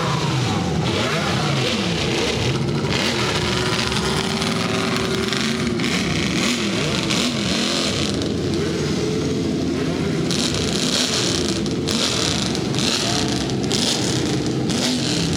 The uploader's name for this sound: F1 engines in the assembly area